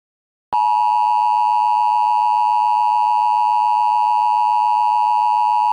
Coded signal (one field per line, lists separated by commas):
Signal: Emergency Alert System (SAME) tones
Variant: 853 and 960 Hz attention tone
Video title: EAS Mock - Oregon State RMT